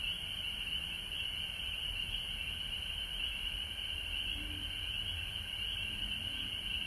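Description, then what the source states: Frogs in full chorus, an even high-pitched trill throughout. Recorded at home in Georgia on March 19, 2020.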